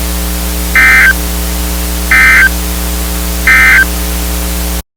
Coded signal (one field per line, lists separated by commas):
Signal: Emergency Alert System (SAME) tones